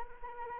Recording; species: mosquito wingbeat signal from an infrared sensor; Anopheles arabiensis